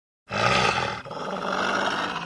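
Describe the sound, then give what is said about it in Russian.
A loud, rough roar from a large wild animal, heard from afar, bursting in after a moment of silence, with a brief dip near the middle before a second sustained, rumbling growl continues to the end. “Я не мог узнать такой рык, а значит, и уровень угрозы.”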